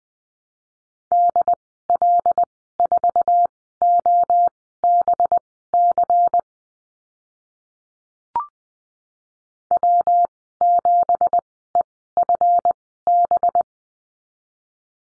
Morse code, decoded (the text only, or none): DL4OBC W7EFB